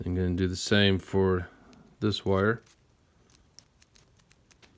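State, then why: Seated. Someone talks, then a crimp terminal for a second wire of the headlight connector on a Harley-Davidson Evo Bad Boy FXSTSB is fitted onto a headlight bulb prong, giving a run of faint ticks. It seats with a sharp click at 3.6 s, gripping the prong without needing to be bent.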